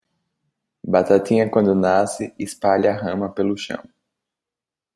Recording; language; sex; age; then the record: short text; Brazilian Portuguese; male; 20 to 29 years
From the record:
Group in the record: control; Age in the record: 22 years